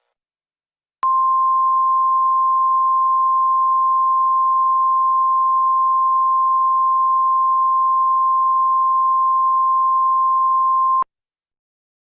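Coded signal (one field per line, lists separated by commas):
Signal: Emergency Alert System (SAME) tones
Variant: 1050 Hz attention tone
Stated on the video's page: Fictional EAS scenario about sniper shootings, made with Movie Maker and PowerPoint.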